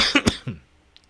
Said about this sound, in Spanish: La tos.